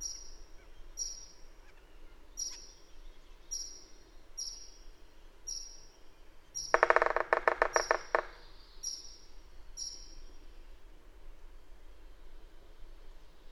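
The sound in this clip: Bird song: short high chirping notes repeated steadily about every second, broken midway by a loud harsh rattling burst lasting over a second, over soft background noise.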